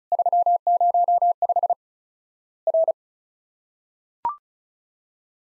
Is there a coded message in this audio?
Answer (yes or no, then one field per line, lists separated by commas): yes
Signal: Morse code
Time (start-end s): 0.1-2.9 s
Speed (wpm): 34 wpm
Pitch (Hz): 700 Hz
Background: none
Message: 305 R